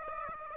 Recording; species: mosquito wingbeat signal from an infrared sensor; Aedes aegypti